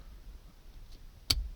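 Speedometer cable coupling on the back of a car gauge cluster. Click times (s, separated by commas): 1.3 s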